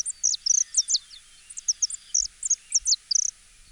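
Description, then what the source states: Saffron finch song of high, thin chirps and short twittering notes in quick irregular bursts. Played recording; song described as pleasant and whistle-like.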